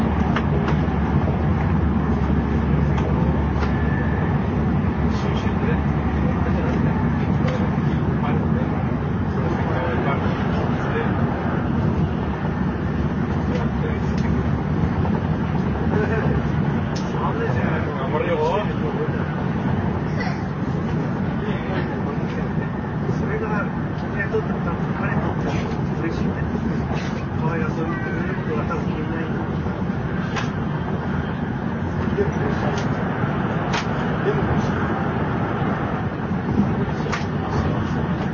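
A JR 700 series Shinkansen running between Kyoto and Shin-Yokohama, heard as a steady, dense low rumble and hiss that holds the same level for the whole clip. Faint murmuring voices and small clicks and taps surface now and then above the constant roar.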